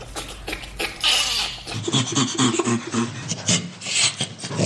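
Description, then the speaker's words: Great ape laughter: breathy, panting pulses, each gasp rough and noisy. Laughter of bonobos, chimpanzees, gorillas or orangutans; socially important, helping manage relationships within a group. "Auch Menschenaffen lachen. So klingt das bei Bonobos, Schimpansen, Gorillas oder Orang-Utans."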